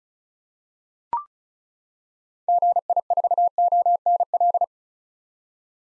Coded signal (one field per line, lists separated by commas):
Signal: Morse code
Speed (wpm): 36 wpm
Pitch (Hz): 700 Hz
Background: none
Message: GI4ONL